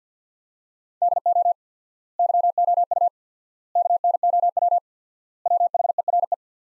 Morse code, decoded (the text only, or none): DO YOU KNOW WHERE